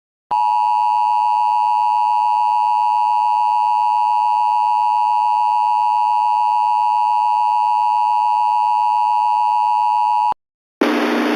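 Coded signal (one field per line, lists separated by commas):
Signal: Emergency Alert System (SAME) tones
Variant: 853 and 960 Hz attention tone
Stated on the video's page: Mock Severe Thunderstorm Warning with audio made in Audacity on a Texscan MSI-style screen.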